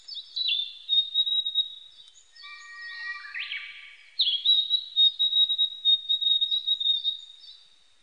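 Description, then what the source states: Narcissus flycatcher giving bright whistled song: a drawn-out high tone, a brief lower buzzy trill, then a long level whistle overlaid with quick repeated chirps. Recorded 25 April 1998.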